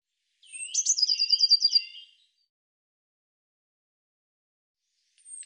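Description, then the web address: Bird song: a clear high phrase of about a dozen rapid, evenly repeated notes lasting almost two seconds, then silence until a brief high note begins at the end. "cianscape birddata Deverinetal 2025 File cleaned normalized Bird Cy Ca"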